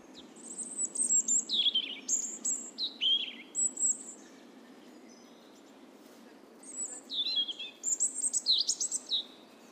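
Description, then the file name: European robin song: high, thin warbling phrases with sliding whistles and trills, two bursts separated by a quiet pause, over a steady low background hiss. "Erithacus rubecula"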